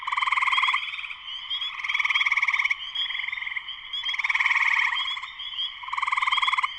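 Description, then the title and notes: Spring peepers in a dense chorus: high peeping notes above a continuous pulsing trill that swells and fades roughly every two seconds. Full chorus of many spring peepers shortly after sunset, Sleeping Bear Dunes National Lakeshore, northern Michigan, USA; recorded by Darrin Wassom. "Spring peepers (chorus frogs) in concert. Spring peepers (chorus frogs) in full chorus shortly after sunset in the Sleeping Bear Dunes National Lakeshore in northern Michigan, USA. Recorded by Darrin Wassom. Music for Sleep"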